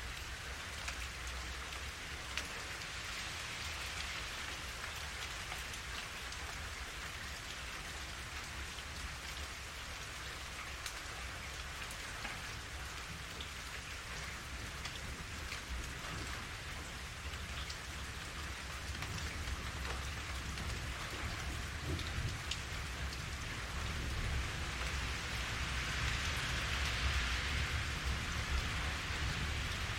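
Steady rain patters on a city street, a dense, even hiss with many fine drop clicks spread through the whole stretch. A low, constant hum of distant urban life sits underneath, and the rain swells slightly louder toward the end.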